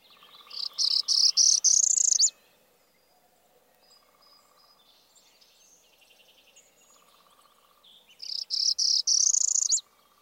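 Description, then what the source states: Northern Parula song, two high buzzy trills whose notes climb in pitch, several seconds apart, with faint lower sounds between. Non-musical buzzy trill whose notes progressively climb in pitch by discrete steps, then drop over the top.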